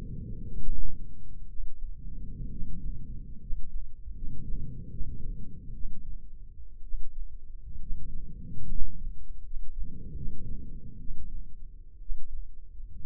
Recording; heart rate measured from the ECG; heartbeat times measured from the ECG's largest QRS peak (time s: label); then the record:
heart sounds by microphone in the left ear; 67 bpm
0.46 s: heartbeat
1.48 s: heartbeat
2.50 s: heartbeat
3.40 s: heartbeat
4.14 s: heartbeat
4.89 s: heartbeat
5.73 s: heartbeat
6.82 s: heartbeat
7.79 s: heartbeat
8.68 s: heartbeat
9.43 s: heartbeat
10.15 s: heartbeat
10.98 s: heartbeat
11.99 s: heartbeat
12.97 s: heartbeat
From the record:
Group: healthy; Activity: rest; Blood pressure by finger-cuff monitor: 125/67 mmHg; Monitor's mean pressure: 88 mmHg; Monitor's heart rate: 67 bpm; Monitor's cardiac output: 8 L/min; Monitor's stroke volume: 119 mL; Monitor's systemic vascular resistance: 810 dyn s/cm5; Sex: male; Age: 24 years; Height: 184 cm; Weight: 89 kg